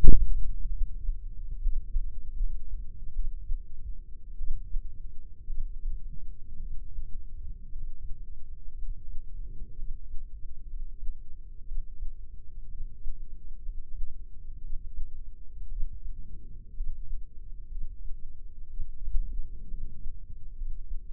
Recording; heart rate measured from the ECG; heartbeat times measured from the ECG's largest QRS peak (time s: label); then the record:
heart sounds by microphone in the left ear; 61 bpm
0.72 s: heartbeat
1.59 s: heartbeat
2.34 s: heartbeat
3.11 s: heartbeat
4.36 s: heartbeat
5.45 s: heartbeat
6.57 s: heartbeat
7.67 s: heartbeat
8.74 s: heartbeat
9.74 s: heartbeat
10.65 s: heartbeat
11.63 s: heartbeat
12.66 s: heartbeat
13.60 s: heartbeat
14.59 s: heartbeat
15.66 s: heartbeat
16.72 s: heartbeat
17.67 s: heartbeat
18.65 s: heartbeat
19.66 s: heartbeat
20.53 s: heartbeat
From the record:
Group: healthy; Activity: rest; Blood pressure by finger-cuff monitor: 132/74 mmHg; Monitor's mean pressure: 97 mmHg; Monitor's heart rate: 60 bpm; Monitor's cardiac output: 6.7 L/min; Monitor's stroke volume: 111 mL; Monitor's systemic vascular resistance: 1090 dyn s/cm5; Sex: female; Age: 23 years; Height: 160 cm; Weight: 50.4 kg